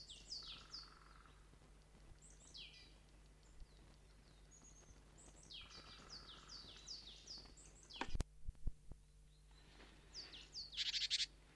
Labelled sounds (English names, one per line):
Great Tit call